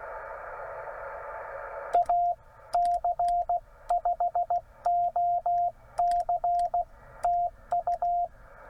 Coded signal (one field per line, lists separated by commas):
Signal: Morse code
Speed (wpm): 16 wpm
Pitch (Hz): 690 Hz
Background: radio noise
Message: AC5OC TU